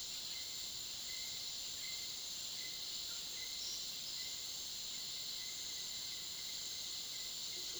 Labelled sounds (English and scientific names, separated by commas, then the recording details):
none
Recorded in pastures near Puerto Asís, Putumayo, Colombia, on 21 February 2024 at 08:00
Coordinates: 0.497, -76.327
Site G7276